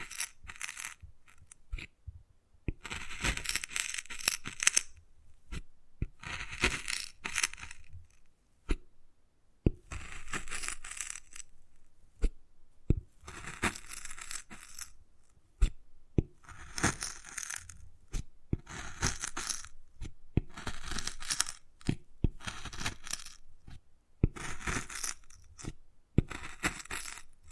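Wood carving, with bursts of scraping and scratching that come and go every second or two, bright and gritty. Sharp taps and clicks punctuate the gaps, and short silences separate the strokes throughout.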